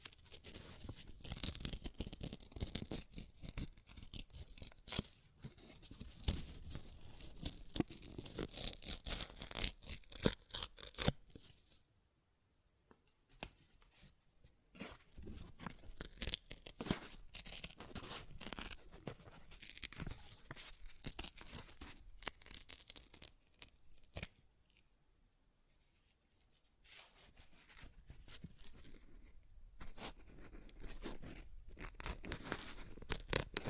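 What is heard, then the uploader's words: Paper is torn in dense, rapid crackling bursts, with near-silent pauses around 12 and 25 seconds. ASMR Paper Ripping Tearing Sounds (No Talking).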